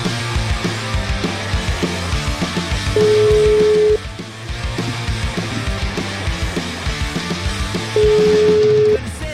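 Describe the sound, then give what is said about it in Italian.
A phone rings twice for Feltri to answer, each a steady one-second electronic tone with a long pause between, over busy, rhythmic background music. “Dottore, risponde, telefono squilla, dottore Feltri.”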